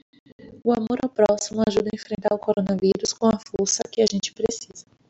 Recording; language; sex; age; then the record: spoken sentence; Brazilian Portuguese; female; 30 to 39 years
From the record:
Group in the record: control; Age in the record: 33 years